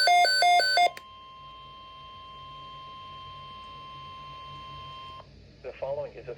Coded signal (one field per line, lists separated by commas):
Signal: Emergency Alert System (SAME) tones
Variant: 1050 Hz attention tone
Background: speech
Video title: NOAA Weather Radio - Severe Thunderstorm Watch #420 [EAS #207] (7/2/22)